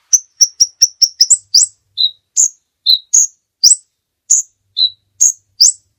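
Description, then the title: Bird giving quick high chips that speed into a run, then slower upslurred whistled notes alternating with lower short chips. Master recording for training songbirds. "Master Burung Jos"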